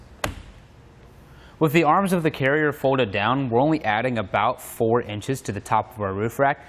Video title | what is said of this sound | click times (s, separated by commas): etrailer - Feature Breakdown: Curt Kayak Roof Rack | you flip it down you're gonna see that they closed in to make sure it locks into place with | 0.2 s